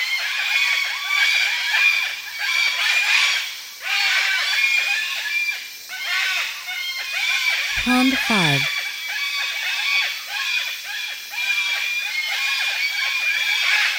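Sulphur-crested cockatoos calling in a loud, harsh flock of overlapping screeches that rise and fall.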